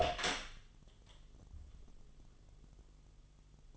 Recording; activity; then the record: daily activity, microphone in the room; open door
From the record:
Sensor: 4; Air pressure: 1005.8 hPa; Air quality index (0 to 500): 76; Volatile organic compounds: 1 ppm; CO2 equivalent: 931 ppm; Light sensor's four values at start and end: 13/31/12/11 and 13/29/11/11